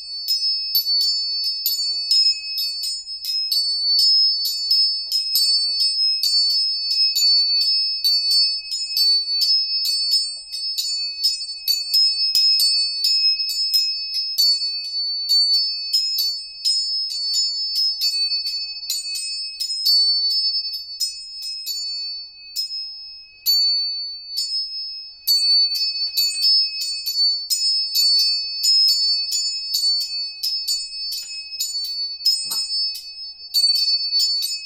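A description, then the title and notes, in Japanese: Tuning forks are struck over and over in quick, dense succession, each ping bright, thin and metallic with a short ringing tail. The tapping runs steadily for the whole stretch, easing briefly near the middle, with nothing low or in the background. 音叉チューニング3本。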